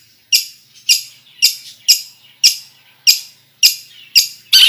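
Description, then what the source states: Long-tailed shrike giving harsh, scratchy notes repeated about every half second in a steady series. Full song packed with imitations (isian), bird described as gacor.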